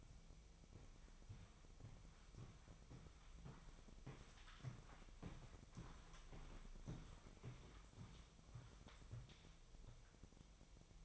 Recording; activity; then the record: daily activity, microphone in the room; walk to room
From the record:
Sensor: 1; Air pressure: 999.4 hPa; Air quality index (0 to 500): 198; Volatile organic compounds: 39 ppm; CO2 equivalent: 3137 ppm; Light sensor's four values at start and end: 9/23/9/10 and 9/22/9/9